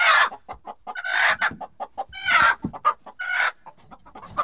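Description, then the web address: Chicken: hens squawk and cackle agitatedly, with harsh drawn-out cries interrupting rapid uneven clucking throughout. Several hens, disturbed. "The BBC Sound Effects Library - Complete 60 CDs Collection Sound Effects Library-35 (Livestock # 2 ) 06 Hens Disturbed"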